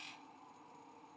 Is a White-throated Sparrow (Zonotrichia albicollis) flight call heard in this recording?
no